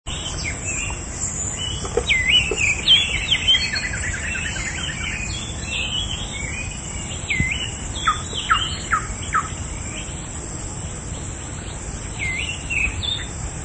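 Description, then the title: Elegant sunbird singing, rapid thin high chirps and quick upslurred twitters in scattered bursts over steady background hiss. Sunbird from Sangihe. "Kolibri Sangihe"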